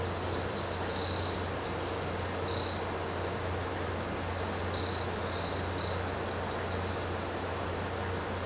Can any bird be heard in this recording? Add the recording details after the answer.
no. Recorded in pastures near Puerto Asís, Putumayo, Colombia, on 9 March 2025 at 16:30. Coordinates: 0.466, -76.322. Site CSA-02